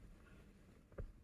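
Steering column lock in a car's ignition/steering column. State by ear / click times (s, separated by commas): released / 1.0 s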